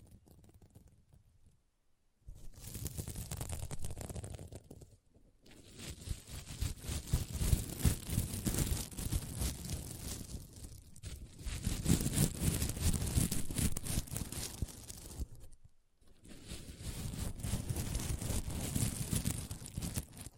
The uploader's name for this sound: SequinMermaid Pillow Scratching Sounds